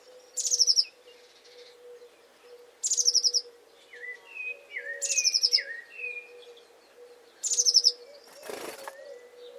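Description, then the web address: Bird calling: high buzzy rattles about every two and a half seconds, a series of lower falling whistles midway, and a sharp click near the end. "cianscape birddata Deverinetal 2025 File origin Bird Only Cy Ca"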